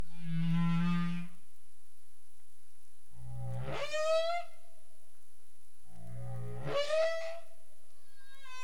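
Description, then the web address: Humpback whale sounds: a low harmonic moan followed by two rising whooping calls, each starting in a low rumble and sweeping upward, roughly three seconds apart. Caribbean, recorded 27 April 2035 at 22:17 UTC. "CARIMAM. humpback whale"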